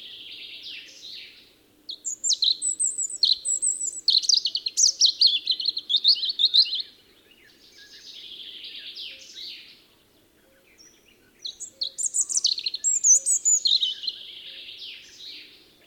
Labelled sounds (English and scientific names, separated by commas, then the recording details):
European Robin (Erithacus rubecula) song
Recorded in the wild
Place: Lütow, Insel Usedom, Mecklenburg-Vorpommern, DE
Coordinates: 54.032, 13.888
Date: 1975-06-13 04:10
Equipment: Nagra III BH, Sennheiser MD 21, parabola
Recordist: Schubert, Michael
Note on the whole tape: Gesang Rotkehlchen